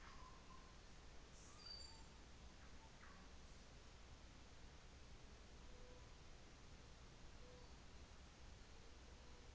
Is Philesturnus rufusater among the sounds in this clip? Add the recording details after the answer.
no. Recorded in New Zealand on 24 December 2018. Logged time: 15:45